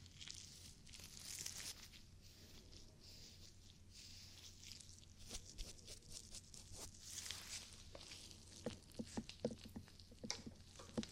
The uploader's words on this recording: ASMR Ear Cleaning For Deep Relaxation & Tingles [ NO TALKING ].